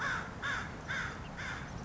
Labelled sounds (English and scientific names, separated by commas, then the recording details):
American Crow (Corvus brachyrhynchos)
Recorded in Sonoma County, California